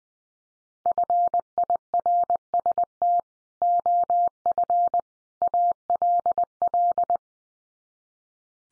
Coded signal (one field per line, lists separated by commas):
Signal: Morse code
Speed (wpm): 19 wpm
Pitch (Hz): 700 Hz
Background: none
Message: FIRST OF ALL